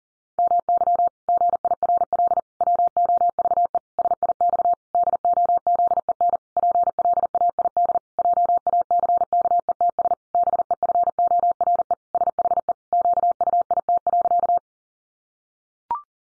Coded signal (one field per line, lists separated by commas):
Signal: Morse code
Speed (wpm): 40 wpm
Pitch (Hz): 700 Hz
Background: none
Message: MY GIRL WOVE SIX DOZEN PLAID JACKETS BEFORE SHE QUIT.